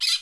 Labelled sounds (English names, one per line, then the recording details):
Brown-throated Parakeet contact call
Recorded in Curacao
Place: Hoffi Jan Thiel
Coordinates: 12.094, -68.877